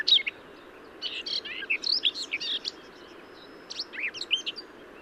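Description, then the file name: Garden warbler giving short bursts of rapid, scratchy warbling notes separated by brief pauses. "Garden-Warbler- -Sylvia-borin"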